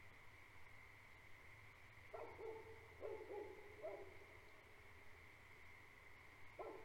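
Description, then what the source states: Great Pyrenees launching into a run of deep barks midway, falling quiet, then one more bark at the end, over a persistent shrill frog chorus. Two livestock guardian dogs on a farm at night, barking for the first five minutes and periodically afterward; frog chorus in background; recorded March 2021.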